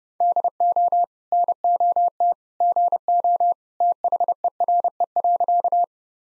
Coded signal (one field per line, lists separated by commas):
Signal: Morse code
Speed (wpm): 30 wpm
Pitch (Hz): 700 Hz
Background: none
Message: DO NOT GO THERE.